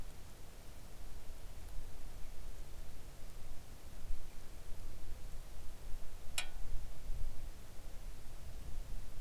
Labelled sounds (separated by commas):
near silence